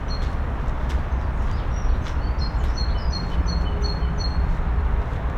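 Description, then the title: Birds twitter with a loose series of high, short notes, while a deep low rumble runs underneath. Recorded in the Kruidtuin (Botanique) garden, Koningsstraat 236, Sint-Joost-ten-Node, Brussels, Belgium; recordists hid themselves to listen to the birds. "Kruidtuin, Koningsstraat 236, 1210 Sint-Joost-ten-Node, België - Birds in Botanique"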